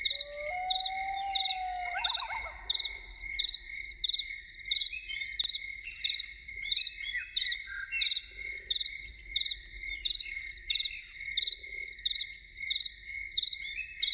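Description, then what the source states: Loon gives a rising, sustained wail in the opening seconds, followed by a steady pulsing insect chorus. Evening soundscape with loons.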